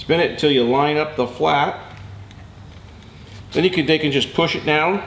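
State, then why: Not seated. Someone talks while a rubber impeller is spun anti-clockwise and lined up with the flap in a sea pump housing before being pushed down into place. A brief faint sound comes at about 2.3 s between the talking. Nothing has seated or clicked yet.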